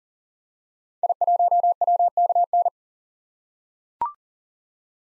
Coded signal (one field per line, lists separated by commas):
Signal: Morse code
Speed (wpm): 37 wpm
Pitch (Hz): 700 Hz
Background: none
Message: I1WKN